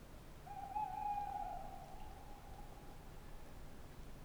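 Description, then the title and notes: A single long tawny owl hoot, level in pitch with a faint tremolo, carrying on for well over two seconds before fading, over soft rumbling background noise. "314 Rte des Galets, Alles-sur-Dordogne, France - Chouette de Limeuil. Magnifique chouette hulotte en bord de Dordogne dans l'acoustique boisé de cette belle nuit étoilée!"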